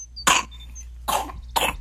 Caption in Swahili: Mbona kikohozi chake kinazidi? Lakini unasikia anavyopumua haraka na kwa shida. Kwa anavyopumua inaweza kuwa pneumonia.